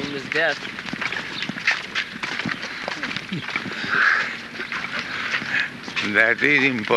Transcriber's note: chuckles